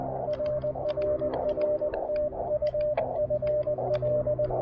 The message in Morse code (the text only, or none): RRR TU FL